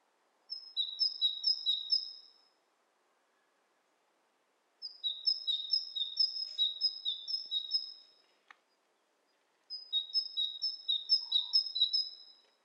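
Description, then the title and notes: Birds exchanging calls: three bouts of rapid paired high whistled notes, each a few seconds long, separated by silent gaps, with a single click after the second bout. Two birds interacting; lo-fi recording. "bird dialogs. lo-fi recording of two birds interacting"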